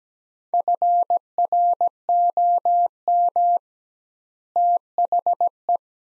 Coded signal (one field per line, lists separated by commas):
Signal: Morse code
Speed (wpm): 17 wpm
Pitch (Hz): 700 Hz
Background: none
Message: FROM THE